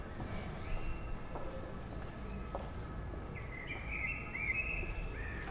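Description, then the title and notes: Common swift screams, faint shrill buzzy calls in the first half, then a louder, lower trilled scream, over steady background noise. Recorded in Bonn old town in July 2006. "bonn altstadt, mauersegler - mauersegler im juli 2006. Mauersegler, Bonn, Juli 2006. by maik johannsen"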